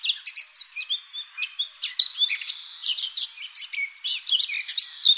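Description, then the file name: Eurasian blackcap singing a dense, rapid warble of sharp chirps and clear whistled notes, rising and falling in quick succession throughout. "Sylvia atricapilla"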